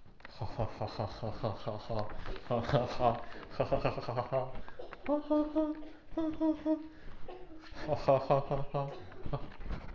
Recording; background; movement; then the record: laughter; a bystander coughing; walking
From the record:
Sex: male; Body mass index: 23.7 kg/m2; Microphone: on the chest, facing outward